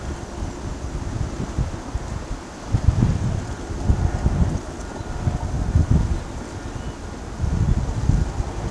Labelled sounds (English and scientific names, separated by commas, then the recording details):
none
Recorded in pastures near Pivijay, Magdalena, Colombia, on 13 April 2023 at 15:30
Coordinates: 10.456, -74.369
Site P6-G026